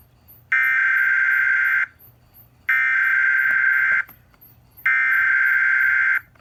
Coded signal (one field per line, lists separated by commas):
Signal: Emergency Alert System (SAME) tones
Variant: header bursts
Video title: Guess Who Joined The Party? EAS #293 (TOR)